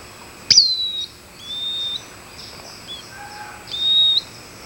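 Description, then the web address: Bird gives a sharp, high note followed by drawn-out level whistles, with a few fainter lower notes in between. "BIRD 2015 SABIOD"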